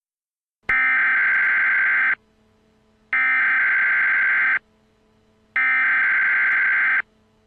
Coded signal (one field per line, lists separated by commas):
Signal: Emergency Alert System (SAME) tones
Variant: header bursts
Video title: Emergency Alert System: September 11th, 2001